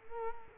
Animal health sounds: mosquito wingbeat signal from an infrared sensor; Culex quinquefasciatus

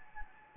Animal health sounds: mosquito wingbeat signal from an infrared sensor; Anopheles gambiae

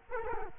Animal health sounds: mosquito wingbeat signal from an infrared sensor; Culex quinquefasciatus

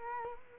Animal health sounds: mosquito wingbeat signal from an infrared sensor; Culex quinquefasciatus

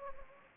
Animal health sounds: mosquito wingbeat signal from an infrared sensor; Anopheles gambiae

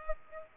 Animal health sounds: mosquito wingbeat signal from an infrared sensor; Aedes aegypti

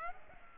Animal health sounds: mosquito wingbeat signal from an infrared sensor; Culex pipiens

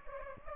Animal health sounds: mosquito wingbeat signal from an infrared sensor; Anopheles gambiae

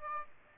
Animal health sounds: mosquito wingbeat signal from an infrared sensor; Aedes aegypti

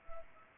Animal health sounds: mosquito wingbeat signal from an infrared sensor; Anopheles arabiensis

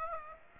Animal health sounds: mosquito wingbeat signal from an infrared sensor; Aedes aegypti

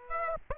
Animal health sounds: mosquito wingbeat signal from an infrared sensor; Aedes aegypti

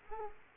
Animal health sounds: mosquito wingbeat signal from an infrared sensor; Culex quinquefasciatus

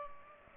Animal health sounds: mosquito wingbeat signal from an infrared sensor; Culex pipiens

